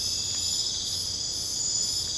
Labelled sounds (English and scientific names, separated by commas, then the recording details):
none
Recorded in secondary vegetation near Puerto Asís, Putumayo, Colombia, on 22 December 2024 at 23:30
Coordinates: 0.499, -76.323
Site G010